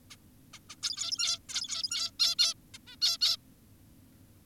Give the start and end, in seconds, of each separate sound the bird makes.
0.11-0.16, 0.54-0.59, 0.70-0.76, 0.83-1.39, 1.49-2.11, 2.20-2.35, 2.39-2.54, 2.74-2.78, 2.87-2.96, 3.02-3.18, 3.21-3.37